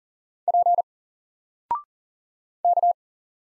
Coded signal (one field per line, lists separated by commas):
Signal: Morse code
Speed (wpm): 40 wpm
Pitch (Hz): 700 Hz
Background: none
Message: P K